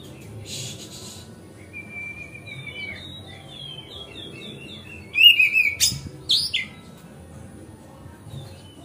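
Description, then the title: Oriental magpie-robin song: a long level whistle, a rapid string of thin repeated notes, then loud scratchy chattering bursts before quieting again. Song tutoring (masteran), made on a terrace. "Kacer Masteran Teras"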